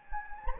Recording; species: mosquito wingbeat signal from an infrared sensor; Anopheles gambiae